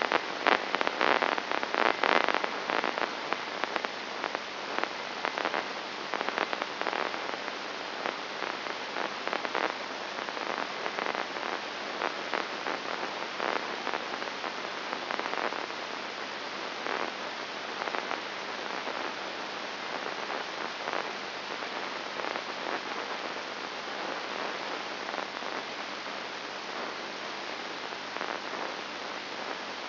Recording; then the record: brain microelectrode recording played as sound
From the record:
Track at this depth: inside the subthalamic nucleus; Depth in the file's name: 2.304 mm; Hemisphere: left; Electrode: 2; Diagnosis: Parkinson's disease